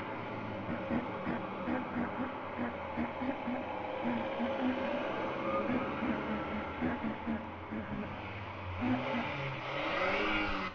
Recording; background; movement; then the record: throat clearing; traffic; sitting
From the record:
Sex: female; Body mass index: 36.4 kg/m2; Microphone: on the chest, facing outward